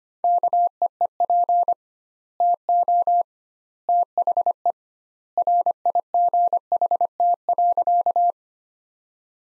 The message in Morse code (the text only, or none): KEEP TO THE RIGHT.